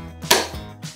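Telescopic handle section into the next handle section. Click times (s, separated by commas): 0.3 s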